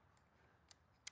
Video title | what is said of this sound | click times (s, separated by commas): Can the WellPro AK12 Compete With Premium GBBRs? - Full Review | It locks into a semi auto | 0.7 s, 1.1 s